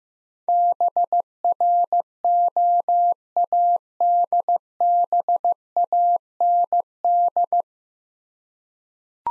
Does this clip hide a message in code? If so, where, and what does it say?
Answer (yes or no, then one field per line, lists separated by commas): yes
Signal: Morse code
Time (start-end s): 0.5-7.6 s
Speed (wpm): 15 wpm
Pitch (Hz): 700 Hz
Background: none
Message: BROADBAND